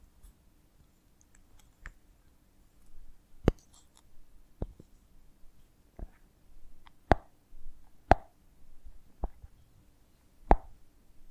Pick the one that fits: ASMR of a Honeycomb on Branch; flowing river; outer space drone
ASMR of a Honeycomb on Branch